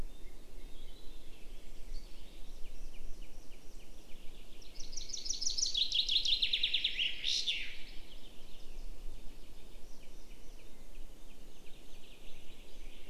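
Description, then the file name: Common chaffinch song, a quick cascading trill of crisp notes slipping downward and closing with a sharp flourish, with quiet birdsong in the background. "Fringilla coelebs"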